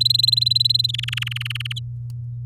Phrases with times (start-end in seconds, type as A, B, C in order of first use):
0.00-0.91 A, 0.94-1.73 B